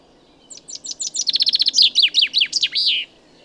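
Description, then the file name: Common chaffinch song: a quickening series of sharp chips runs into a fast descending trill, then a few loud sliding notes and a rasping end flourish, lasting about two and a half seconds. "Fringilla coelebs"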